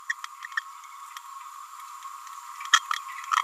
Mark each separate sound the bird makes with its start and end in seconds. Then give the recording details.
0.09-0.13, 0.57-0.59. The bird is a female. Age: 29 days. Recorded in a nest box in Venezuela. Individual 17B31A3